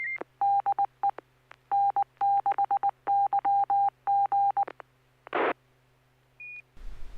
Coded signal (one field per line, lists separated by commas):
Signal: Morse code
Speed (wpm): 19 wpm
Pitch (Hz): 800 Hz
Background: none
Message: DE N6YG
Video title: N6NA SSTV Net - 07/26/2023